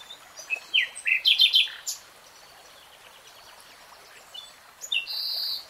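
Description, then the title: Nightingale song: a burst of quick, varied chirps and trills, a pause, then a high buzzy phrase. Nightingale singing in real time. "[Tiếng chim hót] 3 Hours REALTIME Nightingale Singing"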